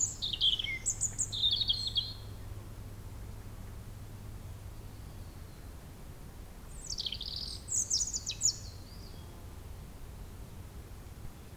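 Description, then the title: European robin song in two bursts of high, tinkling, jumbled notes separated by several seconds of quiet; steady low hum underneath. Sung at sunset on the shore of Lac du Bourget near the chapel, Brison-Saint-Innocent, France, with the nearby road closed to traffic and the area quiet. "28 Chem. de la Chapelle, Brison-Saint-Innocent, France - rouge-gorge."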